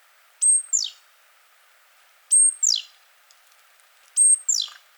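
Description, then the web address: Great tit song, three two-note phrases, each a high flat whistle dropping into a sweeping second note, repeated roughly every two seconds. "SETE data Parus major"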